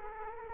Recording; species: mosquito wingbeat signal from an infrared sensor; Culex quinquefasciatus